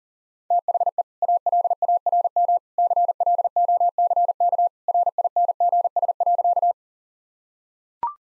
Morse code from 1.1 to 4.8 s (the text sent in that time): ALARM CLOCK